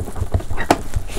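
A plastic pole-mount adapter is pushed into the back of a Starlink Mini satellite dish after its kickstand has been removed. Soft knocks and handling sounds lead up to a sharp snap at 0.7 s, with a quieter tap near 0.9 s, and the adapter seats in the dish.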